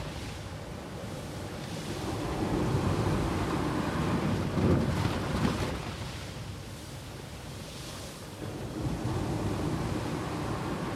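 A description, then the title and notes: A coastal breeze blows over gentle sea waves, a dense, steady wash with low rumbling wind buffeting the microphone. The surf swells louder around the middle, near four to five seconds, then eases, with a softer hiss of breaking water returning near eight seconds. The coastal breeze dances with the gentle waves of Gjipe's sea, creating a tranquil symphony reminiscent of a serene desert beach. Recorded in Gjipe, Albania. Coastal breeze, Gjipe.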